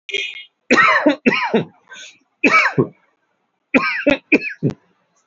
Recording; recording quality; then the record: heavy voluntary cough; excellent, no background noise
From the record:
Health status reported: healthy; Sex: male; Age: 41 years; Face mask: not worn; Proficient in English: yes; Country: India